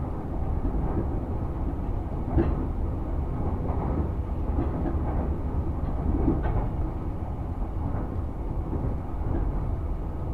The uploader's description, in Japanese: 武蔵小杉からは相鉄直通線で羽沢横浜国大を通りながら二俣川まで移動し、特急に乗り換えて大和へと向かいます。